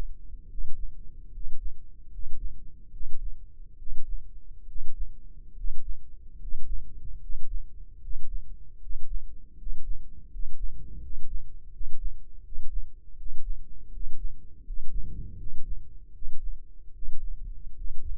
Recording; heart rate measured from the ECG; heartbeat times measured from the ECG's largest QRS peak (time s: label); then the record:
heart sounds by microphone in the left ear; 76 bpm
0.47 s: heartbeat
1.30 s: heartbeat
2.09 s: heartbeat
2.90 s: heartbeat
3.76 s: heartbeat
4.65 s: heartbeat
5.54 s: heartbeat
6.37 s: heartbeat
7.19 s: heartbeat
8.00 s: heartbeat
8.79 s: heartbeat
9.55 s: heartbeat
10.28 s: heartbeat
10.99 s: heartbeat
11.70 s: heartbeat
12.41 s: heartbeat
13.15 s: heartbeat
13.89 s: heartbeat
14.62 s: heartbeat
15.35 s: heartbeat
16.11 s: heartbeat
16.92 s: heartbeat
17.74 s: heartbeat
From the record:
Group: healthy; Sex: male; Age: 23 years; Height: 178 cm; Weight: 96.6 kg